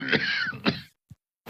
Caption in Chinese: 是一个气虚咳嗽的声音，低沉无力。 一般代表着病程比较久， 像老年病啊或者慢病啊，一个消耗性的疾病。 也可以出现在一些重症的肺炎以后的恢复期。 患者呀，往往呢咳嗽无力、气短、少气懒言，活动以后就是汗出，甚至呢四肢没有力气，吃饭也不好。